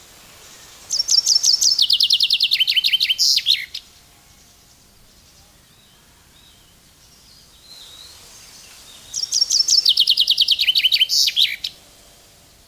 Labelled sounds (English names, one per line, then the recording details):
Common Chaffinch song
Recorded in the wild
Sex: male
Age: adult
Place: Mühlenbecker Land, OT Summt, Brandenburg, DE
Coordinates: 52.6931, 13.3619
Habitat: garden
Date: 1983-06-04 15:56
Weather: slightly sunny, 24°C
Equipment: Nagra SN, Kopie Uher 4000 Monitor Report
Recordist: Tembrock, Günter